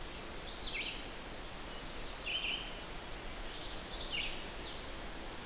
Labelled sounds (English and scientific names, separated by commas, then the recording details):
Red-eyed Vireo (Vireo olivaceus) song
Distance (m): 45 m
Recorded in boreal forest in Alberta, Canada, on 8 June 2016 at 05:30
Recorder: SongMeter 3, array SBT-3-9
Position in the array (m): 19 m, 103 m